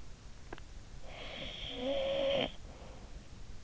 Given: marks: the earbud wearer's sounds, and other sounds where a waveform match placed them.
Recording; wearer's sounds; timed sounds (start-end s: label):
sounds in sleep by an in-ear microphone; snoring breath
0.36-3.16 s: snoring breath